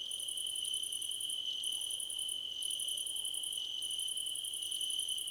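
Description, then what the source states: Crickets chirping in chorus: a steady high shrill trill with runs of higher pulsed chirps, each run a second or so, separated by short gaps. Several crickets singing together in a chorus, described as a choir competition.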